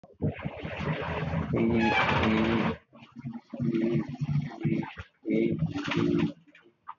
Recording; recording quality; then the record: sustained vowel as in beet; moderate, slight background noise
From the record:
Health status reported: healthy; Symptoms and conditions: none ticked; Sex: male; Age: 29 years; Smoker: not ticked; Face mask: worn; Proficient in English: yes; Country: India